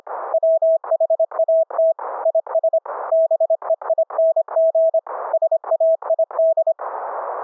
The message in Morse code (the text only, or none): WHAT IS BEING SAID